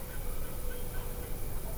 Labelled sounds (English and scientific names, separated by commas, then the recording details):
European Golden Plover (Pluvialis apricaria)
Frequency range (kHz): European Golden Plover (Pluvialis apricaria) 2.8-3.5 kHz
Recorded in France